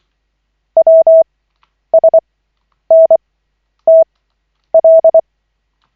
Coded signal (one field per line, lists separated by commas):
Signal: Morse code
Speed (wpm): 24 wpm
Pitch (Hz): 650 Hz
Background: none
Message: WSNTL